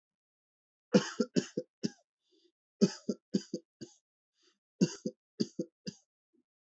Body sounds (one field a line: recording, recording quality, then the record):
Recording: shallow voluntary cough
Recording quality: excellent, no background noise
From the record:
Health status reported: healthy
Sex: male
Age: 24 years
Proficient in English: yes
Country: India